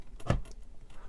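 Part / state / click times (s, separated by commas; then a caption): tool battery pack onto battery charger / seated / 0.3 s. A Milwaukee M18 tool battery pack is pressed down firmly onto the battery charger post, with soft scuffs and a sharp thud at 0.3 s as the pack bottoms out. It locks in with no click, just a friction fit, and can still rotate but no longer lifts back up.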